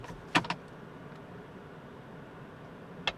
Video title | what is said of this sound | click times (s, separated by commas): The 2024 Audi Q8 e-tron Is A Nicely Upgraded Midsize Luxury Electric SUV | as I come in and then shut the door you can kind of just click it | 0.4 s, 3.1 s